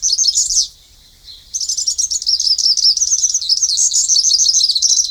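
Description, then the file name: Bird song: a short burst of high, rapid twittering, a brief pause, then a long unbroken run of fast, thin, chattering notes. "Vogel"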